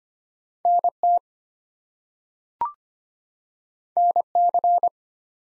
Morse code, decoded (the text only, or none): NT NC